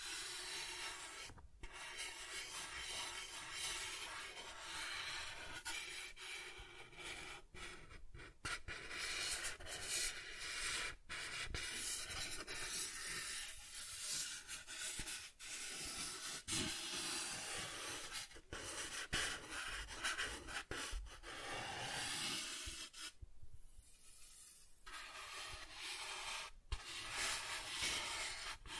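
Soft tracing and rubbing across surfaces, a steady dense scratchy texture that runs almost without a break. Brief gaps and short sharp accents appear now and then, with a slightly quieter, smoother stretch around 23 seconds before the rasping resumes.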